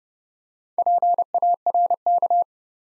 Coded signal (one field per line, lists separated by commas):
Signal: Morse code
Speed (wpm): 30 wpm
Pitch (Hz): 700 Hz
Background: none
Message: PARK